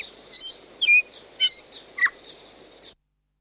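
Bellbird song: a few liquid, chiming notes and quick downward slurs in a short phrase before sudden silence.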